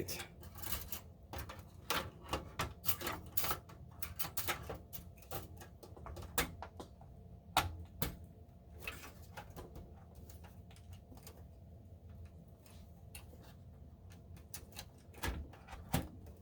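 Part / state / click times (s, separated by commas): graphics card into motherboard expansion slot / not seated / none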